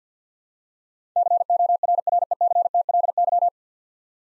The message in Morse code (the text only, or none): CORRECTLY